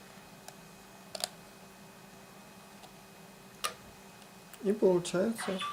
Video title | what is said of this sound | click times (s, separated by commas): 📷 Светосильный объектив Nikkor1 18.5mm, f/1.8 для Nikon1 | until it clicks and | 1.2 s